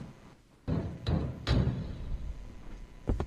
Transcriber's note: hinges creaking